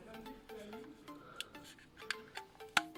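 A plastic body part is pressed into the chassis of a 1:8 scale Bugatti Veyron 16.4 Super Sport model car from Altaya issues 7, 8 and 9. Soft handling noises and light plastic ticks at 1.4 s and 2.1 s sound over a faint ringing tone. The part then clips into place with a sharp, bright snap at 2.8 s, and it is seated.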